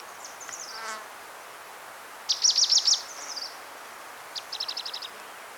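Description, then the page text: Tickell's leaf warbler: short bursts of rapid high chipping notes, with a few thin higher notes between, over a steady hiss of background noise. Recorded in Ladakh. "tickells leaf warbler – Birds of Ladakh"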